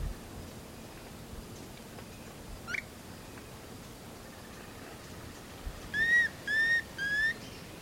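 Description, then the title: Planalto tyrannulet whistles: a brief faint note early, then three whistled notes near the end, each roughly half a second apart, over steady background hiss. Subspecies cearae. "LuckyPassaro Completos2Sama. Planalto Tyrannulet (Phyllomyias fasciatus cearae)"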